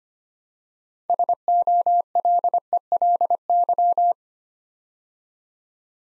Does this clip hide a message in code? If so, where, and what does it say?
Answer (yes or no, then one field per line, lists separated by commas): yes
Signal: Morse code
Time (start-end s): 1.1-4.1 s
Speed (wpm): 25 wpm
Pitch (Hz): 700 Hz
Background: none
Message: SOLELY